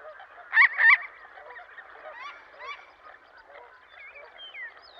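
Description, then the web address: Marbled godwit calls: two loud nasal notes in quick succession, then softer scattered calls and a few thin rising whistles. "Dan Gibson Wildlife Identification By Sound, Western North America. Marbled Godwit"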